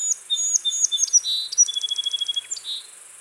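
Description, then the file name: Song sparrow song: a run of whistled and sharply accented notes, a buzz, then a rapid even trill and a final buzzy note, over a faint hiss. "Melospiza melodia - Song Sparrow"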